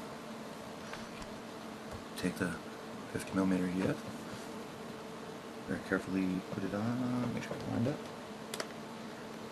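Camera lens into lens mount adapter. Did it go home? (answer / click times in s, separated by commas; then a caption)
no / none. Someone talks while a 50mm EF camera lens is carefully lined up and put onto the camera's lens mount adapter. Faint handling sounds are heard, with two brief sharp ticks near the end. The lens has not locked onto the adapter yet; nothing has seated or clicked.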